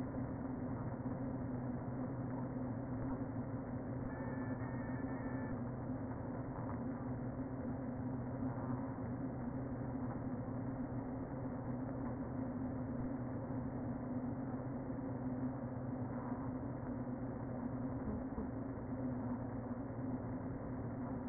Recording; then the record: honeybee colony, microphone inside the hive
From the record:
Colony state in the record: queen present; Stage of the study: before two queens were removed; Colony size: about 60,000 bees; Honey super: yes